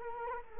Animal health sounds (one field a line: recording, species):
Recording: mosquito wingbeat signal from an infrared sensor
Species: Culex quinquefasciatus